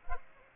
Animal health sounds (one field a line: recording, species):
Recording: mosquito wingbeat signal from an infrared sensor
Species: Culex pipiens